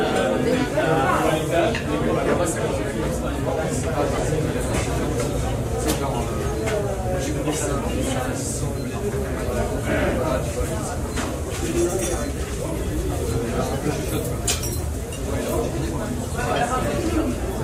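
A busy Paris cafe fills with steady overlapping chatter, punctuated by frequent bright clinks of dishes and cutlery throughout, especially near twelve seconds.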